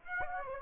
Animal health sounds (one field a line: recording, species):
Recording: mosquito wingbeat signal from an infrared sensor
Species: Aedes aegypti